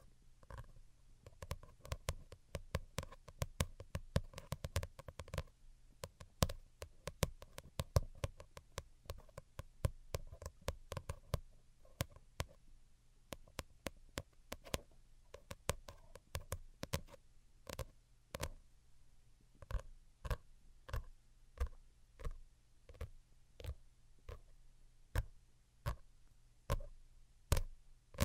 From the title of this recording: Most Delicate and Calming Tapping